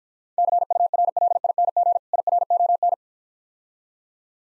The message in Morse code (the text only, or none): CURLING IRON